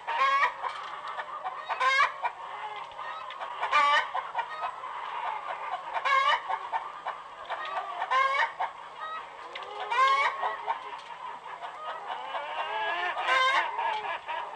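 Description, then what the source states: Chickens clucking steadily in a busy chorus, with loud harmonic squawks breaking through about every two seconds. Recorded in a chicken coop.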